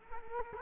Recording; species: mosquito wingbeat signal from an infrared sensor; Culex quinquefasciatus